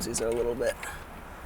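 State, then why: Not seated. A USB cable plug is being lined up with the black port on the USB hub of a 2015 Ford Focus during a Sync 2 to Sync 3 upgrade. Someone talks over faint low background noise while the plug is handled. Nothing has seated or clicked yet.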